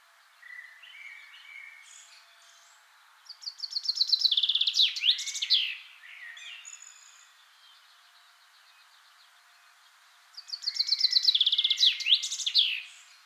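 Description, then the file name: Common Chaffinch singing two full songs about seven seconds apart, each a rattling cascade of notes dropping in pitch and closing with a flourish, with soft twittering before the first. "Fringilla coelebs"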